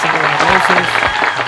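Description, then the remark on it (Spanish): Steady applause from a crowd, a dense wash of clapping that keeps up through the whole moment, with voices talking over it. “Siempre con aplausos.”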